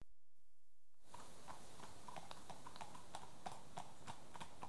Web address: The BBC Sound Effects Library. Horses